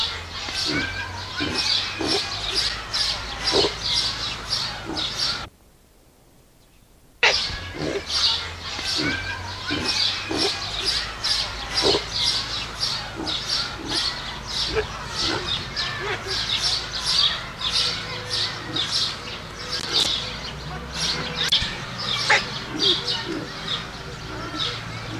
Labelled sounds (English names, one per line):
Collared Peccary call